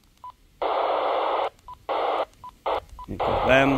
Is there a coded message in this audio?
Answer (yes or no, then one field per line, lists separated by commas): no